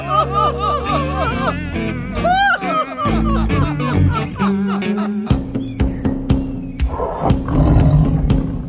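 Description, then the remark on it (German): A tiger-like roar rendered by a human voice: long, wavering, pitched howls and growls that rise and fall repeatedly over several seconds, loud and strained, ending in rougher, noisier bursts. “Er hat ihn sogar brüllen gehört.”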